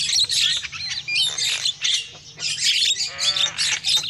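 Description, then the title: Lovebirds give loud, grating high screeches in repeated bursts, with a few thin whistled notes and a soft hum below. Lure call (pikat) used for trapping lovebirds. "PIKAT BURUNG LOVEBIRD"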